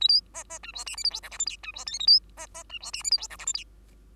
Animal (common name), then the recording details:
Bengalese Finch. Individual Bird2